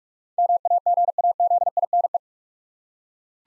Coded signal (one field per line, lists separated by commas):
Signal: Morse code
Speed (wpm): 44 wpm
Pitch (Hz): 700 Hz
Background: none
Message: MAGAZINE